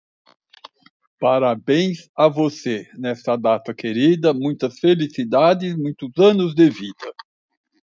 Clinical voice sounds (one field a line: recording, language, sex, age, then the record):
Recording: short text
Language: Brazilian Portuguese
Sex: male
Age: 60 to 69 years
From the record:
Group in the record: control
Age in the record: 67 years